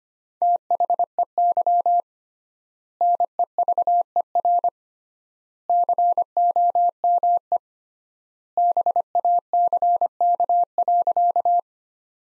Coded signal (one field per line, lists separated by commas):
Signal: Morse code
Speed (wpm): 25 wpm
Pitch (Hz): 700 Hz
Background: none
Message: THEY NEVER COME BACK.